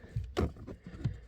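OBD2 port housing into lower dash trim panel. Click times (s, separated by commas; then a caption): 0.4 s. An OBD2 diagnostic port housing is pushed back into its plastic mounting in the lower dash trim panel of a GR Corolla and seats. Low thumps and rustling handling noise surround a sharp click at 0.4 s, with another short knock near 1.1 s.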